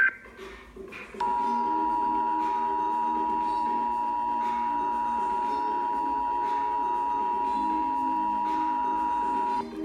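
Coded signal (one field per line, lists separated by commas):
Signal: Emergency Alert System (SAME) tones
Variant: 853 and 960 Hz attention tone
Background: music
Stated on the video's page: Illinois communications drill alert.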